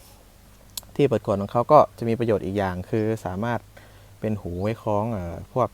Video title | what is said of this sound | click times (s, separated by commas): Leatherman C33 เลิกผลิตไปแล้ว น่าเก็บน่าสะสม | ก็เวลาจะใช้งานก็ดันออกมาอย่างนี้เลยครับดันออกมาปึ๊บจะได้ยินเสียงล็อกตังแป๊กนี่ | 0.8 s